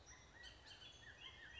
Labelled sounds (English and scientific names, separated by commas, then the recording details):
Bullock's Oriole (Icterus bullockii)
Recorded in Sonoma County, California